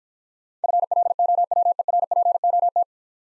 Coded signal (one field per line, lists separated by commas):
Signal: Morse code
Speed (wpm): 49 wpm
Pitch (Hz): 700 Hz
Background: none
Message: FLOWERPOT